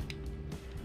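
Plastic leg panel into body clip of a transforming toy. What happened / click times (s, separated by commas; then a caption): A plastic clip snaps into place / 0.1 s. The plastic leg panel of a Transformers Prime Beast Hunters Voyager Predaking toy is wrapped up around the body and pressed onto its connection tab as a locking clip. A sharp plastic click comes at 0.1 s, followed by a softer, longer sound around 0.5 s, and the panel is seated.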